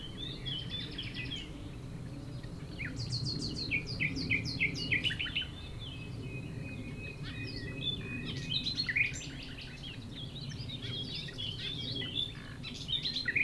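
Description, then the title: Common nightingale song: rapid repeated notes and fast chattering phrases, continuing throughout over a steady low engine drone. Several nightingales singing at Chindrieux, France, a rototiller in the distance; recordist a few metres from the foreground singer. "195 Rue de Vars, Chindrieux, France - Rossignols"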